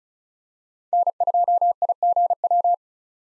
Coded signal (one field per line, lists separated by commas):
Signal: Morse code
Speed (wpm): 34 wpm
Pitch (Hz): 700 Hz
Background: none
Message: N2IGW